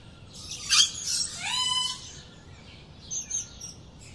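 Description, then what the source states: Rainforest birds in a dawn chorus: overlapping bursts of high chirps and a clear whistle that sweeps up then levels off. Multiple birds in a South American rainforest jungle at dawn.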